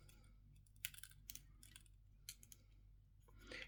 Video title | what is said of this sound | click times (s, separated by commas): Te elfogadnál egy ilyen régi PS5 kontrollert? - DualSense felújítás (GuliKit 720 TMR + eXtremeRate) | And this snaps into place beautifully. | 0.8 s, 2.3 s